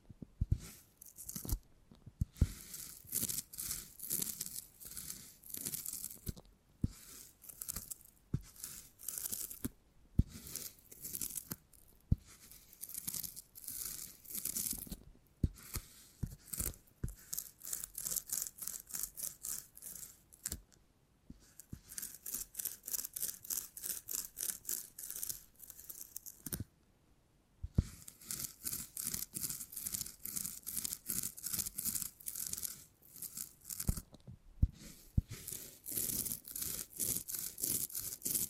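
Beeswax being handled, with sticky crackles and crinkly tearing sounds that come in dense bursts. The sounds are bright and crisp, broken by several short pauses of near silence, around 2, 10, 21 and 27 seconds.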